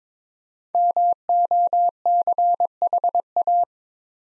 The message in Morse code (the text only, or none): MOCHA